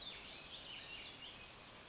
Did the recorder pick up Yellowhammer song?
no